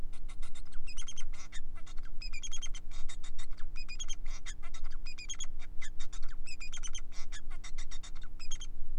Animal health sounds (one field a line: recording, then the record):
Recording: song of a male Bengalese finch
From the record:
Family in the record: son of father 4